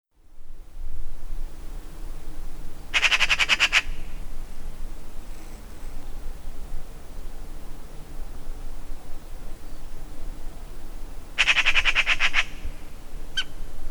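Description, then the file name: Eurasian magpie with two brief, dry rattling chatters separated by roughly eight seconds, plus a faint click near the end against low rumbling noise. "Pica pica"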